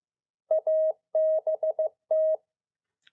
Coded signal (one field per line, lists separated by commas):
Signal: Morse code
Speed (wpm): 15 wpm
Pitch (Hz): 630 Hz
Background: none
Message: ABT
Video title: NEW MORSE CODE OP HOW DO YOU GET FASTER